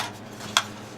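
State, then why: Released. A steel rifle magazine seated in the rifle's magazine well is released by pressing the magazine release button. A single sharp metallic hit comes at 0.6 s as the magazine unlatches over a low, quiet background. The magazine is released.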